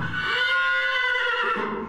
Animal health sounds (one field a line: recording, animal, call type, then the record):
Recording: contact call of a hoofed animal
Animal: horse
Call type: whinny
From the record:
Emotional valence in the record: negative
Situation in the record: group separation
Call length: 1.90 s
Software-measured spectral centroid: 2030 Hz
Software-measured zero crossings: 2930 a second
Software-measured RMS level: -24 dBFS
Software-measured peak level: -12 dBFS